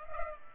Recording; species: mosquito wingbeat signal from an infrared sensor; Culex pipiens